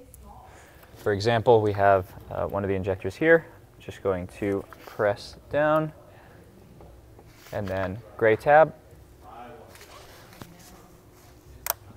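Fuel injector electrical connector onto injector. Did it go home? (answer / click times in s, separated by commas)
yes / 11.7 s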